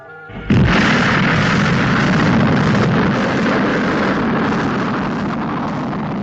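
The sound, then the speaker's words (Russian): Nuclear rocket engines fire up: after a faint low hum, a sudden loud burst gives way to a steady, dense roar that holds for about six seconds and eases off only slightly. “Включите ядерные моторы, пока будем двигаться на них.”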